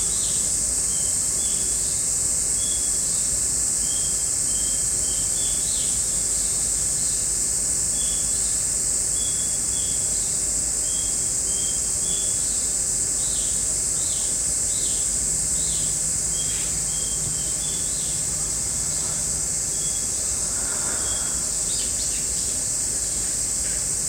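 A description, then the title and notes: A hummingbird calls with short, high chirps that repeat steadily through the recording, over a dense, unbroken shrill of insects. From about 15 to 20 seconds a low, even humming tone passes by, then fades. Humming Bird. 朝に聴こえる44秒の ハミングバードの世界. 夏は蝉さん多めの登場です（笑）.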